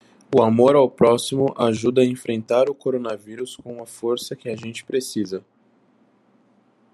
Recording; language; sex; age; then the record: spoken sentence; Brazilian Portuguese; male; 20 to 29 years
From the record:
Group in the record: control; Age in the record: 23 years